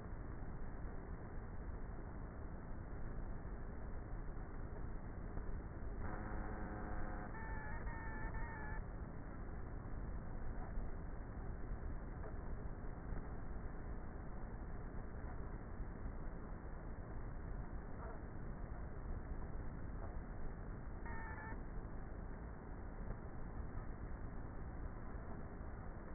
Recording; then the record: honeybee colony, microphone inside the hive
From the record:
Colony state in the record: queenless with a low population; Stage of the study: before two queens were removed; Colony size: about 30,000 bees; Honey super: no